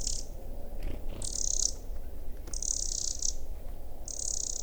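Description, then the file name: Eurasian wren producing insistent high, dry rattles in quick succession, four bursts in under five seconds, with a low steady rumble beneath. "Troglodytes troglodytes"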